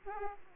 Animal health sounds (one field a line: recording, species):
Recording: mosquito wingbeat signal from an infrared sensor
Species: Aedes aegypti